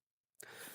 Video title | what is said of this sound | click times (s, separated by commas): Poltergeist 4k Film Vault Big Box Limited Collector’s Edition - Unboxing & Review | So, if you can hear that clicks shut and | 0.4 s